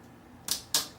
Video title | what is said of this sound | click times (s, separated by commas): T Key Replace mid-2010 13 inch Macbook Pro 1278 2.66 GHz MC375 Type J | going to take your finger you're going to push down on the Tiki until you hear a couple snaps and | 0.5 s, 0.8 s